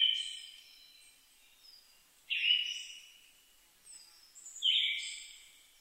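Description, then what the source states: Siberian thrush song: three whistled phrases, with high thin notes in the pauses. Recorded 2 July 2011 at 05:51.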